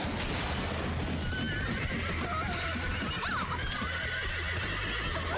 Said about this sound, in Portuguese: A corrida de cavalo tá ficando quente.